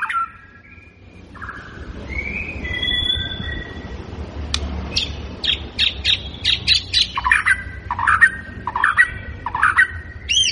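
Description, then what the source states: White-rumped shama song: whistled phrases, then a fast series of sharp notes and repeated warbled whistles. Lure recording of an actively singing bird, meant to make it respond at once.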